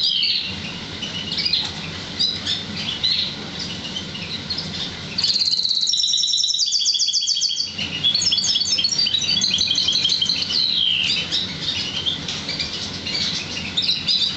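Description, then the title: Oriental magpie-robin song with varied high whistles and a fast trilled series midway, over a steady hiss and faint background chirping. "Kicau Kacer"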